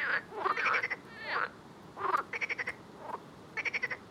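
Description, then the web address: Frogs calling over one another, smeared croaks early on, then crisp rattled bursts of four or five pulses near the end. "Soundscape Frog 1"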